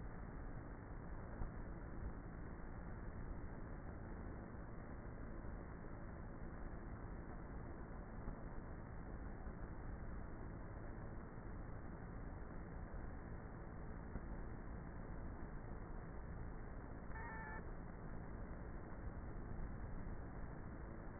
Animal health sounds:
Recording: honeybee colony, microphone inside the hive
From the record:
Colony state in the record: queenless with a low population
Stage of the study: before two queens were removed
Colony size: about 30,000 bees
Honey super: no

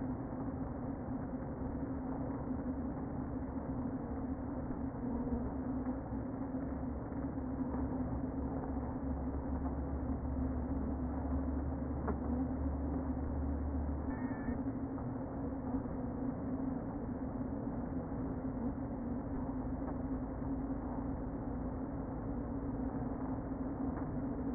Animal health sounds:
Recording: honeybee colony, microphone inside the hive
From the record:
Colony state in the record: queen present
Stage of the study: before two queens were removed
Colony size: about 60,000 bees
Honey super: yes

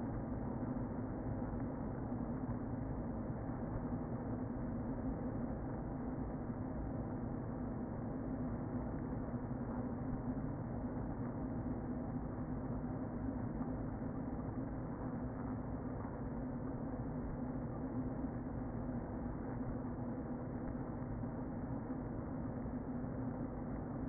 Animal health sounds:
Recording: honeybee colony, microphone inside the hive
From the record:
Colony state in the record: queen present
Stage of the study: before two queens were removed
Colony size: about 60,000 bees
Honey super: yes

